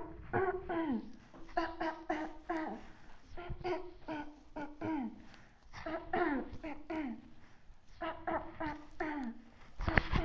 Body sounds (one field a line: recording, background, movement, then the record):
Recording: throat clearing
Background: quiet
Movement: sitting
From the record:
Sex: female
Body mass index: 18.8 kg/m2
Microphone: on the chest, facing the body